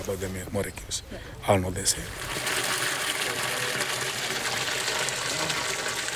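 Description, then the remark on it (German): A voice speaks briefly, then a steady, loud rush of water begins as a worker pumps it into a large blue rain barrel, a continuous hissing gush that holds an even level to the end. “Einer von Morimis Mitarbeitern pumpt Wasser in eine große blaue Regentonne.”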